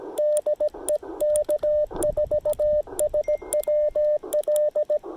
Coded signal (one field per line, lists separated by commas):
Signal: Morse code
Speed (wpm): 17 wpm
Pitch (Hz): 600 Hz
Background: radio noise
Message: DE K4SWL